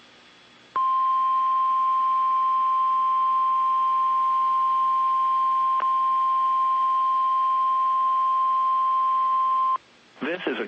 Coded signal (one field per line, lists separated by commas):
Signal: Emergency Alert System (SAME) tones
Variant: 1050 Hz attention tone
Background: speech